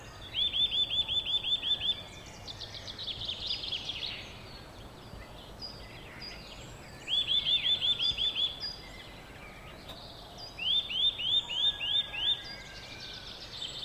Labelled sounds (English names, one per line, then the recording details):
Eurasian Nuthatch song
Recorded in the wild
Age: adult
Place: Bled, SI
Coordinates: 46.37, 14.11
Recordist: Brunner, Thomas